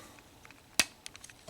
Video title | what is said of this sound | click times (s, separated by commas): Transformers Sky-Byte - The Engineering is Insane | Press them together. You'll hear it snap. | 0.8 s